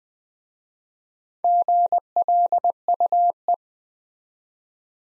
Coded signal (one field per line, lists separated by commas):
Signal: Morse code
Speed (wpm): 20 wpm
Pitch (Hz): 700 Hz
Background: none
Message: GLUE